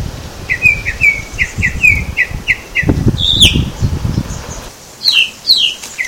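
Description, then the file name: Tropical mockingbird song: a fast series of about nine repeated slurred chirps, then varied phrases with high sharp notes, over low rustling wind noise. Mimus gilvus recorded at Baby Beach, Aruba, on 21 November 2013. "Mimus-gilvus-Baby Beach-Aruba-21-11-13-ASilveira"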